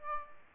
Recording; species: mosquito wingbeat signal from an infrared sensor; Aedes albopictus